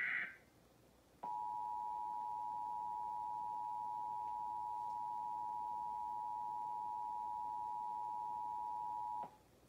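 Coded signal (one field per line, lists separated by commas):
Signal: Emergency Alert System (SAME) tones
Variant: 853 and 960 Hz attention tone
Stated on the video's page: Real EAS Required Monthly Test in Vermont.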